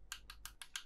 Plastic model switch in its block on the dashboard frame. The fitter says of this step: just once again, just check you got the click,